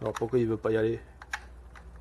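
Someone talks while handling a 3D-printed plastic steering-wheel adapter against the top of a game controller after a failed try to clip it on. Two short, sharp handling knocks sound at about 1.2 and 1.3 s. Nothing has seated or clicked yet.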